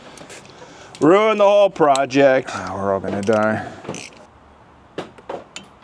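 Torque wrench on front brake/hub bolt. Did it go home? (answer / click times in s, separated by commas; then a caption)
yes / 5.6 s. A click-type torque wrench is pulled on a front brake or hub bolt on a truck while someone talks, followed by a few sharp metallic ticks. The wrench clicks at 5.6 s, confirming the bolt is torqued to 20 ft-lb.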